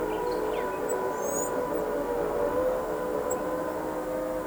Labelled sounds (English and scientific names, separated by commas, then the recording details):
Tropical Kingbird (Tyrannus melancholicus)
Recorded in pastures near Pivijay, Magdalena, Colombia, on 17 April 2023 at 06:30
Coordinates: 10.456, -74.369
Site P6-G026